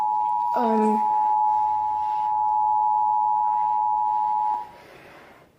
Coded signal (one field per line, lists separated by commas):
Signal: Emergency Alert System (SAME) tones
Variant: 853 and 960 Hz attention tone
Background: speech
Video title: All of the EAS recordings I did through my channel